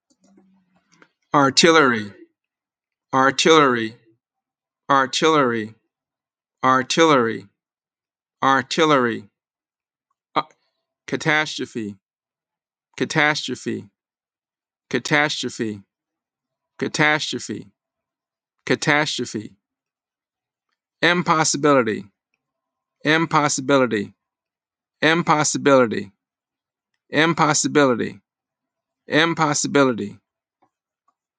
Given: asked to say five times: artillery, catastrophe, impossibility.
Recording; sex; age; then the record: three words, each repeated; male; 40 to 49 years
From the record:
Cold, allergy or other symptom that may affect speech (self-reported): no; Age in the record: 48 years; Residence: Maryland, United States